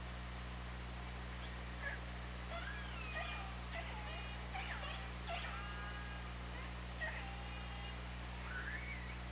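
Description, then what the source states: Orca calls: a busy series of overlapping calls sweeping, rising and falling, over a steady low drone. On an OrcaLab hydrophone, 24 August 2017, at 20:29:41.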